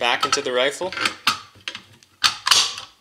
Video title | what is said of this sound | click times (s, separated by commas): sks strip and reassembly with instructions | that'll click into place | 2.3 s, 2.5 s